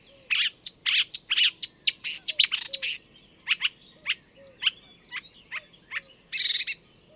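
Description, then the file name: Marsh warbler delivering a scratchy, varied warble of buzzy chirps and thin whistles at an uneven pace, with soft background noise. "enekes nadiposzata hangja"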